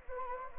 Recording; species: mosquito wingbeat signal from an infrared sensor; Anopheles gambiae